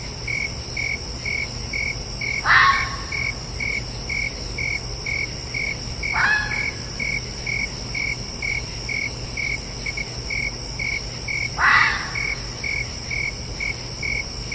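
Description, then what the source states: Red fox giving three rough, raspy calls spaced several seconds apart, backed by evenly pulsing cricket chirps. Calling at night.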